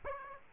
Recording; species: mosquito wingbeat signal from an infrared sensor; Aedes aegypti